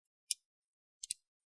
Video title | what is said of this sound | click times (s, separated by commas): How to Repaste and Clean Your ASUS ROG GL551 GL551JM-DH71 Laptop - Maintenance Guide | I'm going to just wiggle around you want to hear those click sounds that's what you want to hear | 0.3 s, 1.0 s, 1.1 s